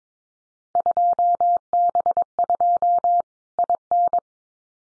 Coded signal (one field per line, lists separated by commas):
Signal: Morse code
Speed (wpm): 22 wpm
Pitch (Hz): 700 Hz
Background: none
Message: 2B2 IN